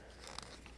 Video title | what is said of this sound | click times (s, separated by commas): Transformers One Prime Changer Alpha Trion (Random Review) | and bring his shins down on a double hinge, which will click into place when they find their home. | 0.4 s